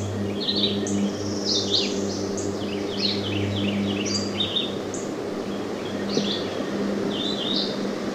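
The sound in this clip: Red-eyed vireo song: short whistled phrases in quick succession over a steady low hum.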